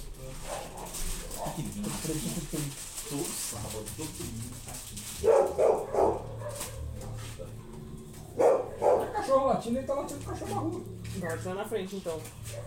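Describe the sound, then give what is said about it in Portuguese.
A dog barks in the street in two short, loud clusters of sharp yelps, a few seconds apart, over steady background noise and a low murmur of voices. “Todo sábado, todo domingo, cachorro latindo, ele tá latindo cachorro na rua.”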